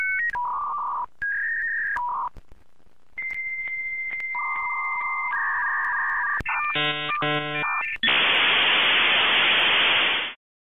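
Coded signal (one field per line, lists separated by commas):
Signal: dial-up modem handshake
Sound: beeping tones, a long high tone with warble, chirpy multi-tone burst, then loud hiss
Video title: Dial Up Internet - Sound Effect (HD)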